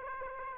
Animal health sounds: mosquito wingbeat signal from an infrared sensor; Aedes aegypti

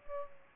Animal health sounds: mosquito wingbeat signal from an infrared sensor; Culex pipiens

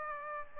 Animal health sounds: mosquito wingbeat signal from an infrared sensor; Aedes aegypti

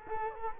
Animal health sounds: mosquito wingbeat signal from an infrared sensor; Culex quinquefasciatus

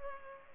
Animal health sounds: mosquito wingbeat signal from an infrared sensor; Culex pipiens

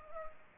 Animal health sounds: mosquito wingbeat signal from an infrared sensor; Culex pipiens

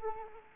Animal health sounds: mosquito wingbeat signal from an infrared sensor; Anopheles arabiensis

